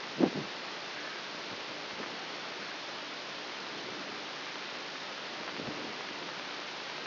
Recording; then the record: brain microelectrode recording played as sound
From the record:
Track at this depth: outside the subthalamic nucleus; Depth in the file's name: 4.898 mm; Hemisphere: left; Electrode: 3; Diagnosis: Parkinson's disease